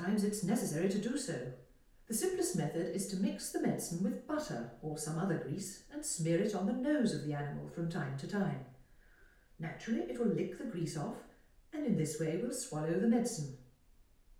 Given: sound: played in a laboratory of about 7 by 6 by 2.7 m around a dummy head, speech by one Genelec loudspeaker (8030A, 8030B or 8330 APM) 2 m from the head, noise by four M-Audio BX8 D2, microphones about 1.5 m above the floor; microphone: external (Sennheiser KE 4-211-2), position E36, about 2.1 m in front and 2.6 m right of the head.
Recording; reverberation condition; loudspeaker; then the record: female speech in English; medium; 120 degrees to the left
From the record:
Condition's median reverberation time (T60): about 510 ms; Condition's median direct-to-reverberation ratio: about -0.5 dB